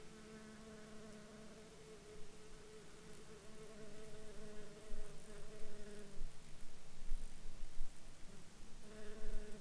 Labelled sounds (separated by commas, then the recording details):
insects
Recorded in Ivvavik National Park, Yukon, on 29 June 2019 at 11:25
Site SINP09